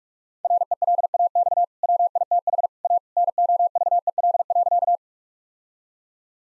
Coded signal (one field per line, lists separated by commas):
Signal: Morse code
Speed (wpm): 46 wpm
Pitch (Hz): 700 Hz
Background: none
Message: RELAX WITH A NOVEL.